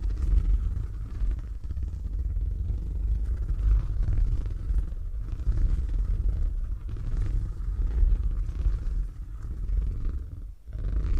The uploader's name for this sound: ASMR Brain Tingly Purring Triggers